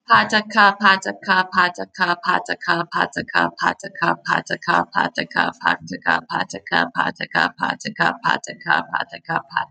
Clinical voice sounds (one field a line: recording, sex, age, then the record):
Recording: repeated syllables /pa ta ka/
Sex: female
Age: 30 to 39 years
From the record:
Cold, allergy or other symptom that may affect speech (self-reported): no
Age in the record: 34 years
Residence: Wisconsin, United States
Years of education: 16